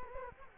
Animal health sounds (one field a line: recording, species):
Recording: mosquito wingbeat signal from an infrared sensor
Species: Culex quinquefasciatus